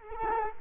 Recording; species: mosquito wingbeat signal from an infrared sensor; Culex quinquefasciatus